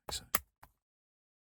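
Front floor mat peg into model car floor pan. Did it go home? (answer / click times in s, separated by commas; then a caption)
no / none. The front floor mat's pegs are pressed at a slight angle into the smaller holes in the floor pan of a 1:8 scale 1967 Mustang "Eleanor" model car. A brief rustle of handling leads into a sharp tap at 0.35 s and a fainter one at 0.64 s, followed by silence. The pegs have not seated or clicked home yet.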